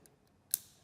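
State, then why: Seated. A metal leaf spring is pushed into the torque adjustment ring of a Makita 12V cordless drill, and the ring is then backed off slightly. The spring snaps into the ridges with a sharp click at 0.5 s, and it is seated. Faint small ticks come just before and after.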